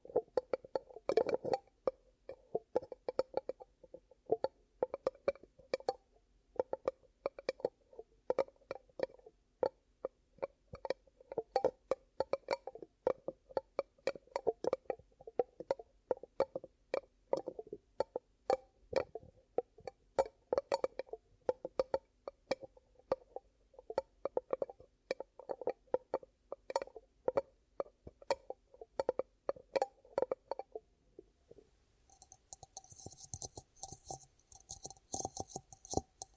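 Ear cupping sounds: quick, muffled pats and taps come in a dense, uneven stream for about thirty seconds, each one a soft hollow thump. Near the end the pattern changes to a steadier, airy hiss with a low hum and sparser pats.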